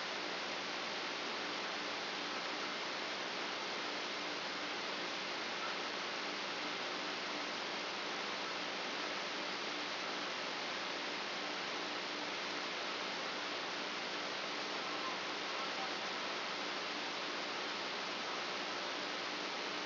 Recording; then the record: brain microelectrode recording played as sound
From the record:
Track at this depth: outside the subthalamic nucleus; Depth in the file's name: 8.628 mm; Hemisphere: left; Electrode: 2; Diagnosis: Parkinson's disease